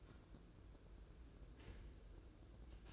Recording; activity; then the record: daily activity, microphone in the room; take from stove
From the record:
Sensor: 2